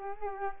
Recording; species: mosquito wingbeat signal from an infrared sensor; Culex quinquefasciatus